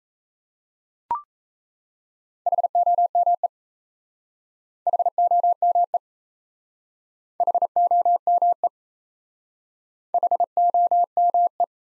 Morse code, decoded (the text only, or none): HOME HOME HOME HOME